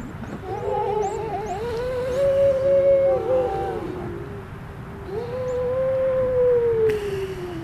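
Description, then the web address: Grey seal moans, two long wavering harmonic wails rising then falling, with faint high chirps at the start. "gray seal"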